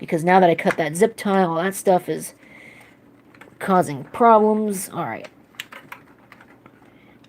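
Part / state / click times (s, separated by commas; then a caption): motherboard power connector into motherboard header / not seated / none. Someone talks while pushing a motherboard power connector into its header on the motherboard, with loose cables from a cut zip tie getting in the way. Only faint taps and light plastic knocks are heard, around 3.4 s and between 5.5 and 6.7 s. The connector has not clicked yet, though it looks seated enough.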